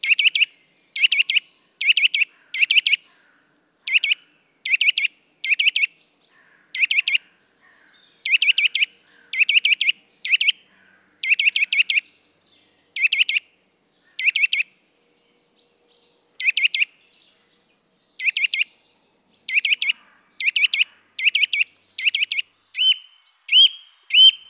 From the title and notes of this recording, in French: La douceur actuelle qui règne dans notre pays réveille quelques oiseaux chanteurs sédentaires. La Sittelle torche-pot (Sitta europaea) discrète jusqu'alors commence à ce faire entendre. Cris de contact puis chant se succèdent sur cette séquence.